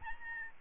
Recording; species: mosquito wingbeat signal from an infrared sensor; Aedes albopictus